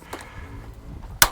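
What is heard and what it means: A hand rivet gun is pumped to set a pop rivet into the aluminium end cap of an RV awning roller, fastening the cap. A faint tick at 0.1 s precedes a quiet stretch, then the mandrel snaps off with one loud, sharp crack at 1.2 s as the rivet sets.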